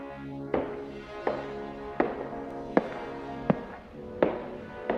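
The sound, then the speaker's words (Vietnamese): Footsteps thud across a floor in a steady run, about seven heavy, evenly spaced thumps over a low, continuous droning hum, with no voices. “Tim tôi như đứng khựng lại khi mà ngay sau lưng là những tiếng bước chân đang chạy thình thịch qua lại lại trên nền nhà.”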